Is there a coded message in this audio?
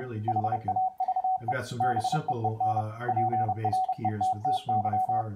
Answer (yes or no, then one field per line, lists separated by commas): yes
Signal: Morse code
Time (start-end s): 0.3-5.2 s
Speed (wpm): 30 wpm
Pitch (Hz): 750 Hz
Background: speech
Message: HAVE BEEN PRETTY